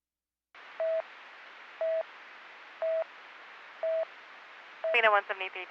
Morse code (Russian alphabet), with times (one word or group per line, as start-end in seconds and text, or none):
none